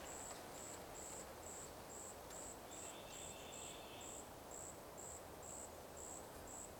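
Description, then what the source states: Cicada singing in high, regular pulses about two a second, with a fainter lower buzzing briefly in the middle and steady rushing noise beneath. Cicadas in a forest during the daytime.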